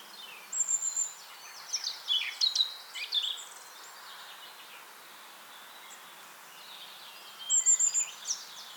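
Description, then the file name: Eurasian blackcap song, short bursts of scratchy warbling mixed with thin high whistles, one phrase early and another near the end, separated by quiet background hiss. "Sylvia atricapilla"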